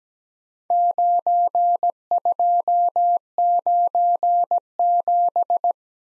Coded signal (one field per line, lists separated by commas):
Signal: Morse code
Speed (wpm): 17 wpm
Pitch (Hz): 700 Hz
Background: none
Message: 9297